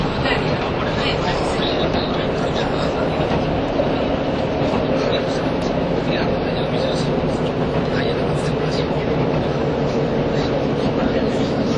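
A KiHa 85 series diesel train, the Hida No. 1, runs with a steady, dense rumble that holds an even loudness for the whole twelve seconds. A low, churning drone carries the sound, with faint brighter clicks and rattles scattered throughout and murmuring voices mixed in.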